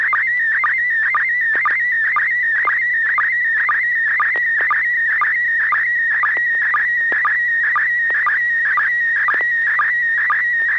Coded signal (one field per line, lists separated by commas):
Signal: SSTV (slow-scan television)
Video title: N6NA SSTV Net - 10/12/2022